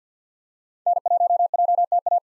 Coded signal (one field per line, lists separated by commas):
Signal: Morse code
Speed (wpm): 49 wpm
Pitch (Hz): 700 Hz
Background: none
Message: N1JTA